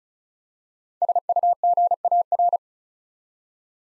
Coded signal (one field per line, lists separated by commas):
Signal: Morse code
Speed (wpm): 36 wpm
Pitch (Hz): 700 Hz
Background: none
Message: SUGAR